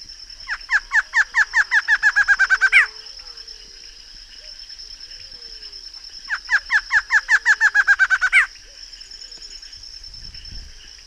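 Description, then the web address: Barred antshrike singing twice, each an accelerating rattle of nasal notes closing with an upward flourish, about six seconds apart, with a steady high background drone. Recorded in the Pantanal. "sescpantanal. Choca barrada"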